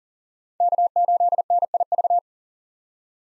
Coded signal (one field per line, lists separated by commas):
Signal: Morse code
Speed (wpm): 40 wpm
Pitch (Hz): 700 Hz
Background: none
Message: K8NIV